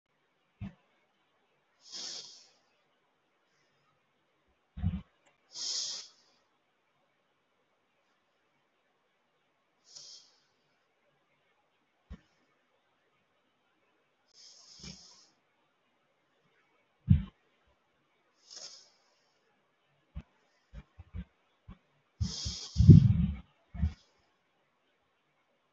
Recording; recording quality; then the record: deep breathing; excellent, no background noise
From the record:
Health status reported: healthy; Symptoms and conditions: none ticked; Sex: female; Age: 23 years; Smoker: not ticked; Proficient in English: yes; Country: India